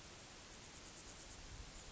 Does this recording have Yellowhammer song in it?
no